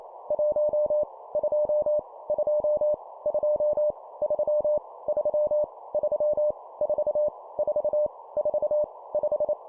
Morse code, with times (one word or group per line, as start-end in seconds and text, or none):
0.3-1.0 1
1.4-2.0 2
2.3-2.9 2
3.3-3.9 2
4.2-4.8 3
5.1-5.6 3
5.9-6.5 3
6.8-7.3 4
7.6-8.1 4
8.4-8.8 4
9.1-9.5 5